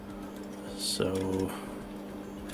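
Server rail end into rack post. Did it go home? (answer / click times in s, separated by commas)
no / none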